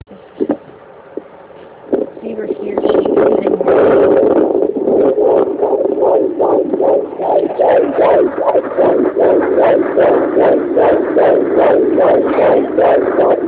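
Rapid, regular whooshing Doppler pulses at about 150 a minute: a fetal heartbeat at 17 weeks 4 days of pregnancy, heard with a handheld Doppler.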